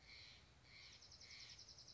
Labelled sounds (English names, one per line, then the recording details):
Steller's Jay
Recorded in Sonoma County, California